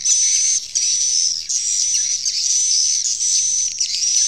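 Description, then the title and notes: Swiftlets chattering in high buzzy phrases, each lasting under a second with brief breaks, a thin whistle running steadily through them. Used in swiftlet farming in Asia. "Swiflet Bird Sound. Farming Swiflet Bird asia sound"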